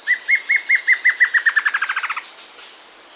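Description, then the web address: Plain antvireo song: a series of clear notes that speed up into a quick bouncing trill, then fade out. South America. "Natures Songs S America Plain Antvireo (Dysithamnus Mentalis"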